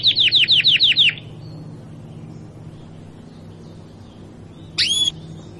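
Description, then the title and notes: Domestic canary giving a brief burst of several fast descending trilled notes, followed by quiet and then a single sharp upswept note. Belgian canary, singing. "Canário Belga Campainha Canary Singing. Canario Belga Cantando"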